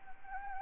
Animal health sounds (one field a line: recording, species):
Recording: mosquito wingbeat signal from an infrared sensor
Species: Anopheles gambiae